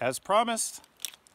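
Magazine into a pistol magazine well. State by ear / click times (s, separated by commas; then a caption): seated / 1.0 s. A pistol magazine is pushed into its magazine well after someone talks briefly. A short, sharp snap at 1.0 s shows the magazine seating home, followed by a couple of faint clicks.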